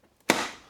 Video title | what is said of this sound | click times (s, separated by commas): DOES IT SUCK???? Ryobi 18v project vacuum review | also clicks into place. It's going to stay as it is. | 0.3 s